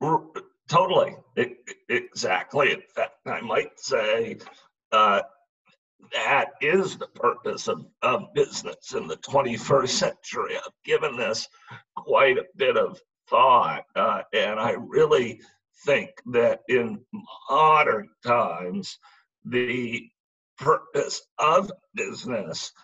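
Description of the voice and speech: A man speaks in choppy bursts with frequent breaks, creaky and strained voicing, and drawn-out sounds between words. This fits spasmodic dysphonia, a rare neurological speaking disorder in which spasms of the vocal folds interrupt and strain the voice, making communicating difficult.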